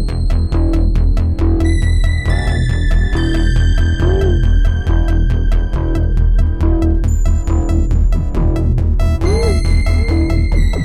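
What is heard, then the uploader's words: A steady low pulse throbs underneath at an even, unhurried pace, never letting up. Over it, bright sustained electronic tones shift every couple of seconds, with wavering mid-range notes swooping in and out. The overall level stays constant throughout. 69bpm pulse in background.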